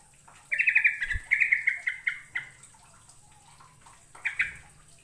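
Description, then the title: Bird song: pulsed, buzzy trills, two long bursts early then a shorter one at the end, with a single dull knock and faint background chirps. "Kicau Burung"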